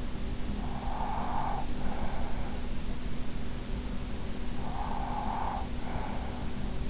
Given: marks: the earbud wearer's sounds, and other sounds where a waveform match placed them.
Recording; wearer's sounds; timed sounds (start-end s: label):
sounds in sleep by an in-ear microphone; breath
0.34-2.89 s: breath
4.57-6.90 s: breath